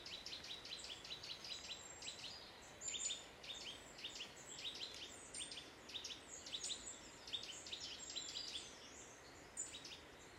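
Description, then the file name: Eurasian nuthatch calling in fast trains of sharp, high piping notes, bursts following one another almost continuously over steady background hiss. "Sitta europaea"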